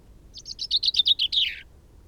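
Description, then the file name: Common chaffinch song: a single quick phrase of high notes that descends in pitch and ends in a short flourish. "Fringilla coelebs"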